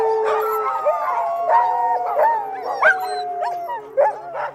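Dog howling, several overlapping drawn-out tonal wails with rising and falling pitch, broken by short yips and barks.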